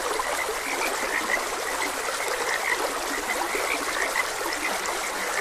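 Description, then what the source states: Croaking frogs, a busy chorus of quick chirpy notes scattered throughout, with steady trickling stream water underneath. Frogs croaking beside a gentle stream.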